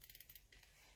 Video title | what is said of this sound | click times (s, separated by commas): Ruby Petal on UITC wing board | you just t you're gonna hear it click | 0.0 s, 0.1 s, 0.2 s, 0.3 s, 0.4 s